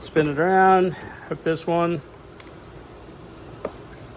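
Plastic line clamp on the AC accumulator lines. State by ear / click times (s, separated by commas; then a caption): seated / 3.6 s. A plastic retaining clamp on the air conditioning lines at the accumulator of a Ford F250/F350/F450/F550 is turned around, hooked, and pushed down. Someone talks at first, then a faint tick comes at 2.4 s and a louder, sharp snap at 3.7 s. The clamp locks in place.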